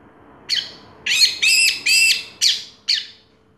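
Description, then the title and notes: Orange-headed thrush giving harsh, rasping call notes, six short bursts spaced about half a second apart. Teler-style bird, described as clear-voiced; from a complete collection of this species' sounds. "Anis Merah Teler Suara Jernih. kumpulan suara anis merah lengkap"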